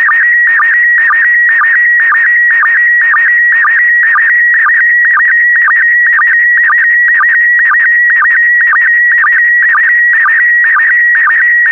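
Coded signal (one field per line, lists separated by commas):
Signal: SSTV (slow-scan television)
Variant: PD120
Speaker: complete you can now check your decoded image against the picture that is shown on the video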